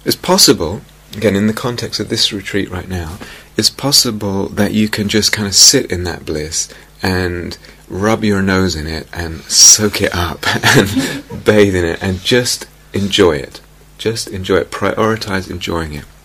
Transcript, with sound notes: It's possible, again, in the context of this retreat right now, it's possible that you can just kind of sit in that bliss and rub your nose in it and soak it up [laughter] and bathe in it and just enjoy it. Just enjoy it. Prioritize enjoying it.